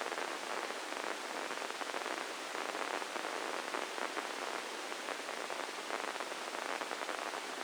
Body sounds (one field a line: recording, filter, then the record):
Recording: brain microelectrode recording played as sound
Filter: spike band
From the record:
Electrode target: subthalamic nucleus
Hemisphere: left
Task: reaching with the right hand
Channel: 1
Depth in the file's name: 4.826 mm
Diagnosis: Parkinson's disease